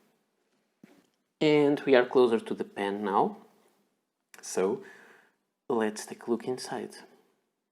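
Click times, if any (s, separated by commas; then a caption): none. A push-fit cap on a sterling silver Pilot fountain pen is handled at the barrel while someone talks, with a brief faint tick near 0.8 s and a short sharp transient at 4.3 s between phrases. Nothing has seated or clicked yet; the cap is not yet home.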